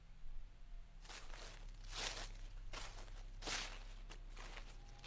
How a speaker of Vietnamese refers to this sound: Nó nghe có tiếng bước chân loạt soạt. Ai đó đang đi ở bên ngoài vườn chuối, bên kia cửa sổ.